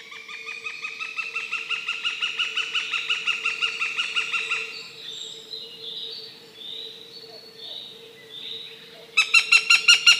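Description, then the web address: Northern goshawk calling a long, steady series of fast, harsh kek notes for several seconds, then a faint quieter stretch, then another short cackling burst at the end. "Goshawk"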